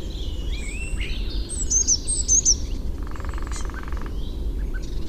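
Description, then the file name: Eurasian blue tit giving a pair of high, thin notes and then a short buzzy churr, over a noisy, rumbling background. "Cyanistes caeruleus"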